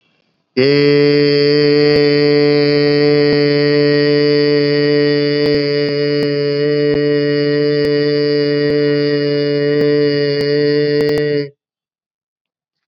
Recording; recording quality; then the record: sustained vowel as in made; excellent, no background noise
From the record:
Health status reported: COVID-19 positive, mild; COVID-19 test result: positive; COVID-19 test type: RT-PCR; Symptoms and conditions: cough, sore throat, fatigue, muscle pain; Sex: male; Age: 40 years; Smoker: no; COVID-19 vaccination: both doses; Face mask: worn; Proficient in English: yes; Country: India